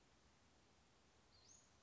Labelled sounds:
Western Flycatcher
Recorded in Sonoma County, California

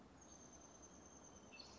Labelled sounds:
Oak Titmouse
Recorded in Sonoma County, California

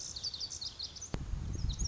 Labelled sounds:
Lazuli Bunting
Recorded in Sonoma County, California

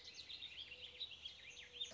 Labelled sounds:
Mourning Dove
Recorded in Sonoma County, California

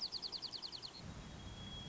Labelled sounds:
White-crowned Sparrow
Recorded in Sonoma County, California

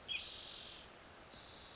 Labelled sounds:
Spotted Towhee
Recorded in Sonoma County, California

